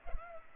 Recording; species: mosquito wingbeat signal from an infrared sensor; Culex pipiens